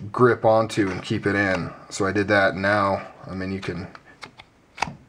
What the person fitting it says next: you can hear it it really just clicks into place there